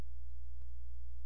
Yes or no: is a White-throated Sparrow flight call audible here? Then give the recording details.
no. No flight call is heard. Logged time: 00:04 on 16 September 2014